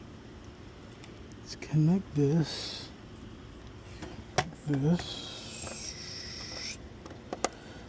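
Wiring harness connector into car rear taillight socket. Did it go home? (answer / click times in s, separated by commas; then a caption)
yes / 7.4 s. Someone talks while a plastic wiring harness plug is pushed into the socket on a new LCI rear taillight of a BMW X5M Competition. A sharp click at 7.4 seconds marks the connector latching in, seated.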